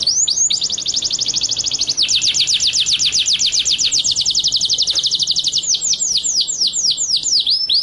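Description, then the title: White-rumped shama song, a rapid rolling trill of high sweeping notes delivered almost without pause for several seconds. Masteran (song-training) track of white-rumped shama; described as full 'ngerol' (rolling) and 'nembak' (shooting) song styles. "Masteran Murai Batu Full Ngerol Nembak"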